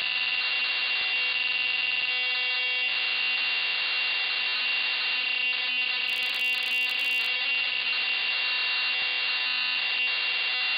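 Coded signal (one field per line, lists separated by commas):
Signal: computer data on cassette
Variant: MSX home computer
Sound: continuous harsh buzzing screech of tape data, steady in loudness throughout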